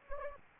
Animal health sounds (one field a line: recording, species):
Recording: mosquito wingbeat signal from an infrared sensor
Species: Anopheles gambiae